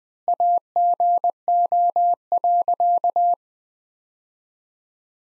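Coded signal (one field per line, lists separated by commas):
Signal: Morse code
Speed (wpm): 20 wpm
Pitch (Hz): 700 Hz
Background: none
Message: AGO.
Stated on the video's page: Morse practice sentences from the top 500 words at 20 wpm with 3x standard word-spacing, a Farnsworth-like method for words.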